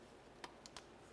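A larger plastic wiring harness connector is slid onto the transfer case shift motor of a 2004-2010 BMW X3. Three short, sharp clicks sound at 0.4, 0.7 and 0.8 seconds over a low, steady background. The connector seats, and a tug confirms it.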